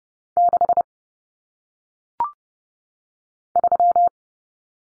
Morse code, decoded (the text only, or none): 6 3